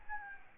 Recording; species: mosquito wingbeat signal from an infrared sensor; Aedes albopictus